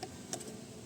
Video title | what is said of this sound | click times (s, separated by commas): Aux/Fan Motor Replacement from Lazada ( Nitro) - Ford Fiesta mk7 - DiY | ayaw pang maglock Hindi pa Siguro Lapat so higpitan ko lang guys | none